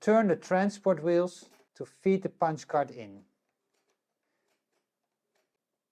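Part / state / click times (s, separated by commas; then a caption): punch card fed into a knitting machine card reader / not seated / none. Someone talks while a plastic punch card, arrows up, is placed into the card reader slot of a Passap DECO / Duomatic 80 knitting machine and fed in by turning the transport wheels; the talk stops around 3.3 s and the rest is silent. Nothing has clicked into place yet.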